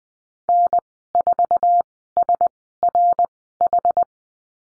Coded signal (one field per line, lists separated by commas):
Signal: Morse code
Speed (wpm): 20 wpm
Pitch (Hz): 700 Hz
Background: none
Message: N4SRH